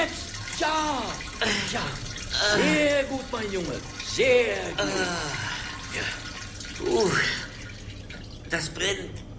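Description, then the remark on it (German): A male patient urinating after his catheter was removed: a stream of liquid trickles and splashes in uneven bursts, with gurgling, pitch-sliding tones over a steady low hum. “Schon nach 3 Tagen kann der Patient relativ problemlos Wasser lassen.”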